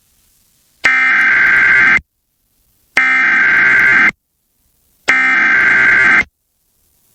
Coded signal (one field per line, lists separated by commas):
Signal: Emergency Alert System (SAME) tones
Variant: header bursts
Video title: EAS tornado watch effect in Louisiana (12-14-2022) KALT-FM